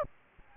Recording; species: mosquito wingbeat signal from an infrared sensor; Aedes albopictus